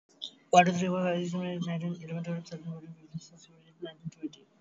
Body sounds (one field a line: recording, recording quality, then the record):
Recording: counting at a fast pace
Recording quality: excellent, no background noise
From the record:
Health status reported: healthy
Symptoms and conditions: none ticked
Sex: male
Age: 20 years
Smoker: not ticked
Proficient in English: yes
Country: India